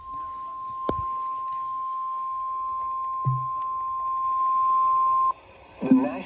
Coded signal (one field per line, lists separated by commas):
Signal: Emergency Alert System (SAME) tones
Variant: 1050 Hz attention tone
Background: speech